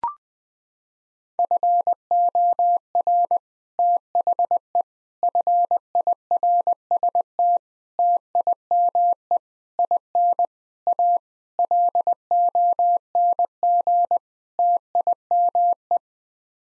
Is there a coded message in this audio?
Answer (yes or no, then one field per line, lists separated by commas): yes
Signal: Morse code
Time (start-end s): 1.4-16.0 s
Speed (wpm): 21 wpm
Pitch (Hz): 700 Hz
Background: none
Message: FOR THE FIRST TIME IN A LONG TIME